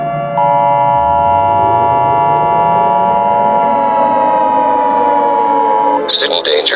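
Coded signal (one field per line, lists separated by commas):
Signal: Emergency Alert System (SAME) tones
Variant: 853 and 960 Hz attention tone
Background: speech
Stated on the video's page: Fictional EAS scenario.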